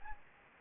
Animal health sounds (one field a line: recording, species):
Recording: mosquito wingbeat signal from an infrared sensor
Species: Anopheles arabiensis